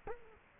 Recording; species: mosquito wingbeat signal from an infrared sensor; Culex quinquefasciatus